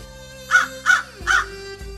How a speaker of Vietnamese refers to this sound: Triển Chiêu đang nói chuyện, lại thấy một con quạ đen xẹt qua ngang đầu.